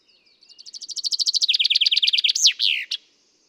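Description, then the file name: Common chaffinch song: a fast trill of high descending notes, growing louder to an emphatic ending with a swooping terminal flourish. "Fringilla coelebs"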